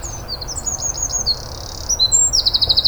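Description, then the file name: Eurasian wren song: a rapid jumble of high, sharp notes and buzzy trills, ending in a fast, evenly repeated rattle of bright notes; faint low background rumble. "Troglodytes troglodytes"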